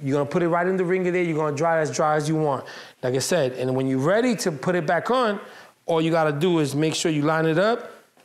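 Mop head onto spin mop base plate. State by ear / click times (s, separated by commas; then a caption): not seated / none. A man talks while a washed mop head is being lined up with the base plate of a Tsmine RinseWise spin mop, ready to be pressed back on. Only speech is heard, and the mop head has not yet snapped or seated onto the base.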